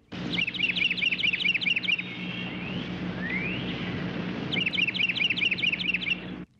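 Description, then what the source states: Carolina Wren song: two bursts of rapidly repeated ringing phrases, with a few sliding tones between them over a steady background hiss. Recorded in a yard around a Maryland farmhouse; the song is likened to a small bugle.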